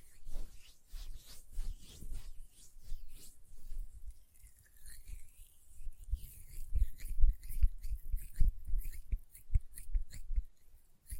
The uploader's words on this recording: ASMR Hand Sounds, Nail Tapping and Lotion Sounds (No Talking).